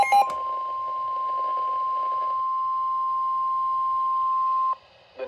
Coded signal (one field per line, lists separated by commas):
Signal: Emergency Alert System (SAME) tones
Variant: 1050 Hz attention tone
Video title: NOAA Weather Radio - Doubleheader Severe Thunderstorm Warning [EAS #289-#290] (4/1/23)